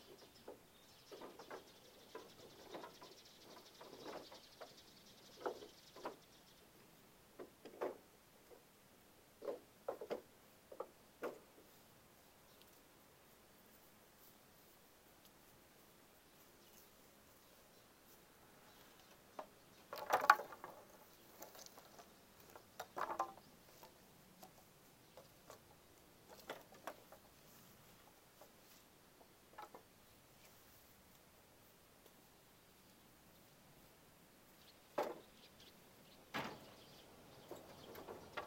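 Dry wooden sounds: scattered knocks and clacks, some short and sharp, some in quick clusters, against a quiet, faint hiss. A brief high whine shows in the first six seconds, and the loudest crack lands around twenty seconds, with further knocks near 23 and 35 seconds.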